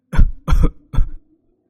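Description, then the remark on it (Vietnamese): An elderly woman's violent coughing fit: three loud, harsh, rasping coughs in quick succession, each about a third of a second, trailing off into a faint low hum. “Một tràng ho dữ dội như trút hết không khí của người phụ nữ già nua vang lên.”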